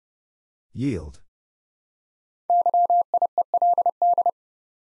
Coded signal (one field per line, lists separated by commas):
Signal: Morse code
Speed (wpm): 29 wpm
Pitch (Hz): 700 Hz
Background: none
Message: YIELD